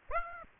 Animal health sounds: mosquito wingbeat signal from an infrared sensor; Aedes aegypti

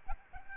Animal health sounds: mosquito wingbeat signal from an infrared sensor; Aedes albopictus

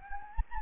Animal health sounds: mosquito wingbeat signal from an infrared sensor; Anopheles gambiae

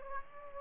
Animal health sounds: mosquito wingbeat signal from an infrared sensor; Aedes aegypti

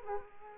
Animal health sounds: mosquito wingbeat signal from an infrared sensor; Aedes aegypti

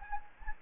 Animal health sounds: mosquito wingbeat signal from an infrared sensor; Anopheles gambiae

